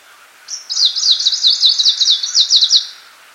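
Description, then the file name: Icterine warbler song phrase: rapid, repeated high chirping notes lasting a little over two seconds, background otherwise calm. "peresmeshka zelenaja"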